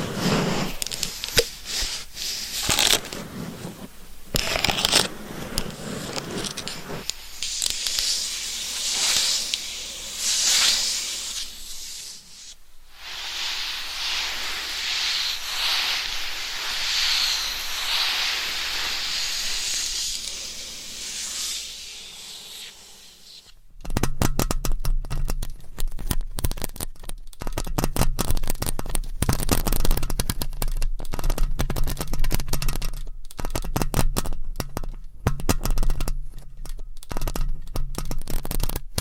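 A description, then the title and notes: Microphones are scratched and rubbed, producing bright, hissy friction that surges and fades over the first half, with a softer stretch from about 12 to 23 seconds. Near 24 seconds it switches abruptly to fast, choppy scratching over a low hum. ASMR Mic Scratching - Brain Scratching with 10 Mics for 100% SLEEP No Talking with Long Nails.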